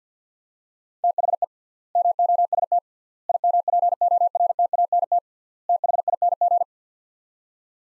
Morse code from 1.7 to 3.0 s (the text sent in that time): MOST